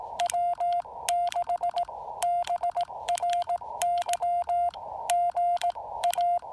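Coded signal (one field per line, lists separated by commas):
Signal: Morse code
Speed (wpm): 18 wpm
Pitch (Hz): 700 Hz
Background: none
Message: W6BRY GA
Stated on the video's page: POTA park activation using an FT-817ND with an EFT Trail-Friendly antenna.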